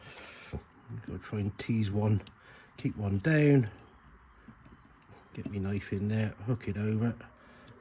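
A knife levers a small metal hook over its mating hook on an MF 399 tractor part while someone talks. Soft scraping and handling sounds are heard between the speech. Nothing has seated or clicked yet.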